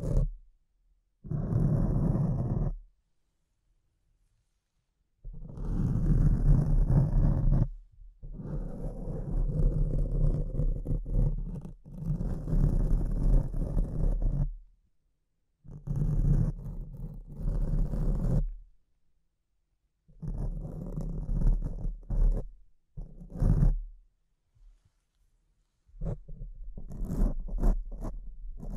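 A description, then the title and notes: Mic scratching comes in rough, rasping bursts, each lasting a few seconds with short silent gaps between them. The scraping is thick and rumbling in the lows, with grainy, crackly detail above, and the bursts vary in length, some choppy and some sustained. ASMR Brain Melting Mic Scratching (No Talking).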